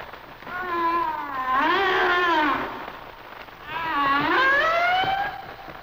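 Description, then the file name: Humpback whale song: two long, rich harmonic wails that slide upward in pitch, separated by a brief lull. "Sounds of Nature - Humpback Whales"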